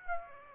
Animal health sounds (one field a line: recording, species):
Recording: mosquito wingbeat signal from an infrared sensor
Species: Aedes aegypti